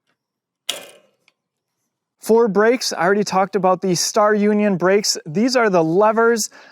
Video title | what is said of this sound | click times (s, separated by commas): Pedego Boomerang Review: The Ultimate Low Step-Through E-Bike for Senior Riders | And push down to tighten the handlebars. Make sure you hear that click. | 0.7 s